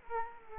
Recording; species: mosquito wingbeat signal from an infrared sensor; Culex quinquefasciatus